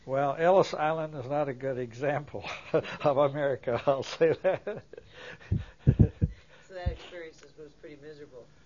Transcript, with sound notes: Well, Ellis Island is not a good example of America, I'll say that. (laughs)
So that experience was pretty miserable?